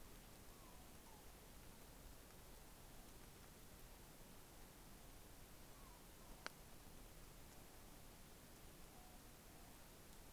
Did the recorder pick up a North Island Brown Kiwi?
no